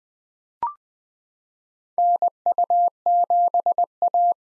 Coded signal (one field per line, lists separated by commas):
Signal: Morse code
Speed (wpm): 20 wpm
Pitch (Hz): 700 Hz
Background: none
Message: NU7A